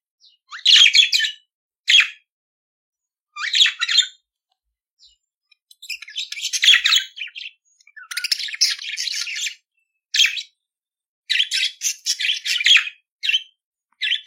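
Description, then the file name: Budgerigar chattering song, squeaky chirps alternating with longer scratchy, buzzing warbles and short pauses between phrases. "Canto do periquito australiano"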